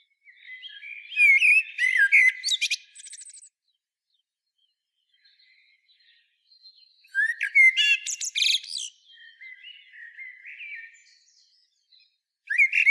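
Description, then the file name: Common blackbird song in two long bouts of mellow warbling and rapid high twittering notes, separated by a pause of a few seconds, with a third bout starting at the very end. "Turdus merula"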